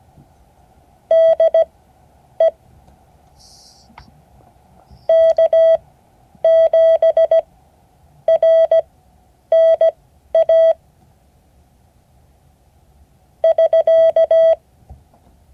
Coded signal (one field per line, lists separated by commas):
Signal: Morse code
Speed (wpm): 17 wpm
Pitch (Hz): 650 Hz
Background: none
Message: DE K7RNA <SK>